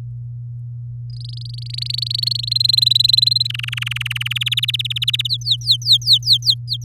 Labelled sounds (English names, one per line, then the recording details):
Domestic Canary song
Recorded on 8 May 2018 at 05:58
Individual llb16